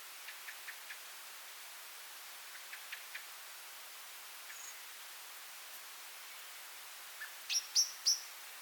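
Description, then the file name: Common blackbird call: faint soft ticks for several seconds, then three sharp, high, thin notes in quick succession near the end, over a constant hiss. "Turdus merula"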